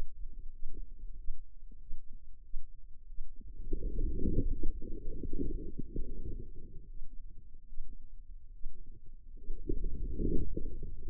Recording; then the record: forearm muscle sounds (acoustic myography)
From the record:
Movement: inward rotation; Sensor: system 2, bracelet of six BSWA MPA416 microphones around the upper forearm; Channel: 2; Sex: female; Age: 25 years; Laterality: right